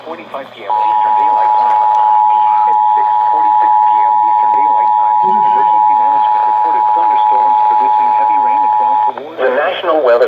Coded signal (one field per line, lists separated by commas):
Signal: Emergency Alert System (SAME) tones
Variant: 853 and 960 Hz attention tone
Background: speech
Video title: Flash Flood Warning on KHC27 & WNSC-FM - 6/24/20 (EAS #4,596 & 4,597)